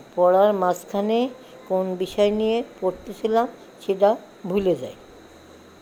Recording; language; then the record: elicited speech; Bengali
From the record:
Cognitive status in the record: dementia